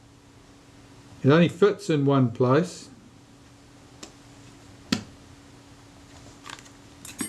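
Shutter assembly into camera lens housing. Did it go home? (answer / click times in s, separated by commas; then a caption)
yes / 4.9 s. During repair of a Kodak Retina IIIS camera, someone talks while the shutter assembly is lowered into the lens housing without disturbing a small ball, since it only fits one way. A sharp click at 4.9 s marks the shutter assembly seating into position, with fainter ticks before and after it.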